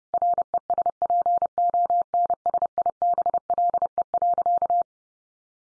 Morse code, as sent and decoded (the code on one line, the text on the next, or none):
.-. . ... .--. --- -. ... .. -... .-.. . .-.-.-
RESPONSIBLE.